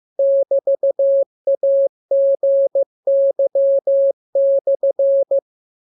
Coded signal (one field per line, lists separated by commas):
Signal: Morse code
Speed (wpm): 15 wpm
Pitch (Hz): 550 Hz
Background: none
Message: <BT>AGY/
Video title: Learning Morse Code. Lesson 26. Letter KMURESNAPTLWI.JZ=FOY,VG5/Q9